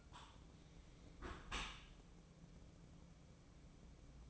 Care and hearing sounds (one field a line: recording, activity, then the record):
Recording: daily activity, microphone in the room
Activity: close dishwasher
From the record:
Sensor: 1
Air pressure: 1012.3 hPa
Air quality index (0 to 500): 167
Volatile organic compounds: 3 ppm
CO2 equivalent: 1366 ppm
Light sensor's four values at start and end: 546/1188/547/600 and 543/1182/544/596